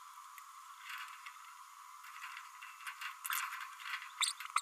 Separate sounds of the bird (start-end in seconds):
4.20-4.32, 4.56-4.61